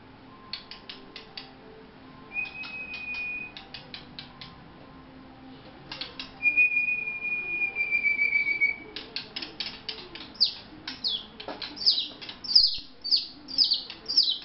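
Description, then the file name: White-rumped shama song: sparse ticking notes and two long steady whistles, then a rapid series of sharp falling chirps that gets louder toward the end. Vietnam. "shama vietnam omkicau"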